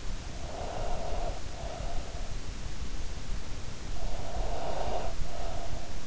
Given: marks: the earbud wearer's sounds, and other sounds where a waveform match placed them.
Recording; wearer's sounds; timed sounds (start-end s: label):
sounds in sleep by an in-ear microphone; breath
0.32-2.40 s: breath
3.76-6.07 s: breath